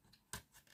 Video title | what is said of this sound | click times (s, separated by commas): 🥰UNBOXING AMAZON😉Projecteur extérieur à thèmes🥰#noel #unboxing #amazon #projecteur | Voilà, ça s'emboîte. | 0.3 s